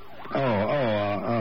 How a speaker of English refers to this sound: What? Sounds like the ambulance now.